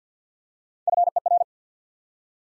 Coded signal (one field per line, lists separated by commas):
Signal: Morse code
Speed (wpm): 50 wpm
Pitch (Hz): 700 Hz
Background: none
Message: FER